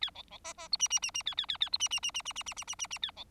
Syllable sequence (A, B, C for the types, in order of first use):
A B B C C D E E E E A A A A D E E E E E E E E E E E A B